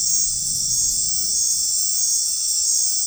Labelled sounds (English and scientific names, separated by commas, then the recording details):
none
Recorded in dense forest near Puerto Asís, Putumayo, Colombia, on 13 March 2025 at 21:30
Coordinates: 0.503, -76.323
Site GP09